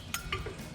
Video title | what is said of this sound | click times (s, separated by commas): Jeep Wrangler TJ Dana 35 Rear Axle Disc Brake Conversion Kit Review & Install | comme ceci, et elle s'enclenche. | 0.1 s, 0.3 s